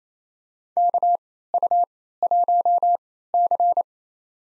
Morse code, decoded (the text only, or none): KU1C